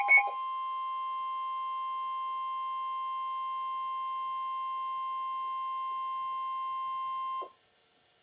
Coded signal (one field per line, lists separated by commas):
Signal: Emergency Alert System (SAME) tones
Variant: 1050 Hz attention tone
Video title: NOAA Weather Radio Alert #479-481 (3 Flash Flood Warnings)